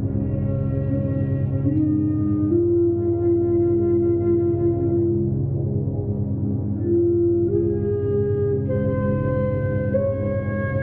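Morning binaural beats: a dense, steady low drone hums underneath, with a slow pulsing flutter in the bass. Above it, sustained tones glide and step between pitches every couple of seconds, forming a soft, slowly shifting melody at an even volume.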